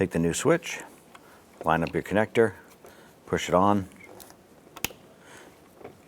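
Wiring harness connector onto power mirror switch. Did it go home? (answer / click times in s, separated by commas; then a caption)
yes / 4.8 s. Someone talks while a wiring harness connector is lined up and pushed onto the back of a new driver side power mirror switch for a 2006-2013 Chevrolet Impala. A sharp click sounds at 4.9 seconds as the connector seats onto the switch.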